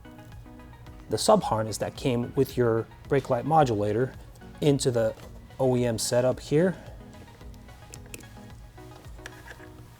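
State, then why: Not seated. Someone talks over background music while handling the plastic plug of a brake light modulator sub-harness, about to push it into the factory tail light wiring connector on a 2014–2016 Yamaha FZ-09 motorcycle. The talk fades after about 6.8 s, leaving the music and a couple of faint sharp ticks. Nothing has seated or clicked yet.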